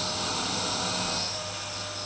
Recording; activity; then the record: daily activity, microphone in the room; vacuum cleaning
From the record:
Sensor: 2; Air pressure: 1009.5 hPa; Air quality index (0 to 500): 187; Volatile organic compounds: 12 ppm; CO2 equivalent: 2325 ppm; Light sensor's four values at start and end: 23/58/25/27 and 23/58/25/27